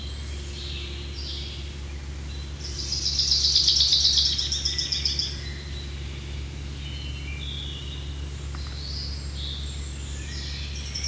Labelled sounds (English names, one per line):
Common Chaffinch song